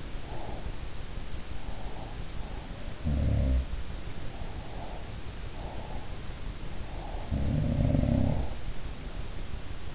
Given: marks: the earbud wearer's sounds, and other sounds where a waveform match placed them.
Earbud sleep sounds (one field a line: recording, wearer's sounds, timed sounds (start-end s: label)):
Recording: sounds in sleep by an in-ear microphone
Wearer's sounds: breath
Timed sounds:
0.00-2.18 s: breath
2.33-6.14 s: sound from someone else or the room
4.14-6.14 s: breath
6.78-8.86 s: sound from someone else or the room